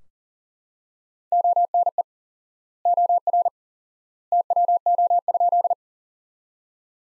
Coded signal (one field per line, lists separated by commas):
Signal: Morse code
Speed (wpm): 38 wpm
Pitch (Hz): 700 Hz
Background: none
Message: ONE OR TWO?